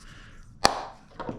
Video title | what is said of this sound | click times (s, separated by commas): The Best “How To Install” Sena Bluetooth Headset Into Pfanner Protos Helmet Tutorial | it pops right in there. | 0.6 s